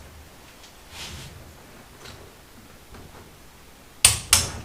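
A click-type torque wrench is pulled on the second cylinder head bolt of a 1974 Honda MT250 motorcycle engine during a rebuild, with the head bolts tightened to 18 foot-pounds. Faint soft rustling comes first, then the wrench clicks sharply at 4.1 s, confirming the bolt is at torque. A second sharp transient follows at 4.3 s.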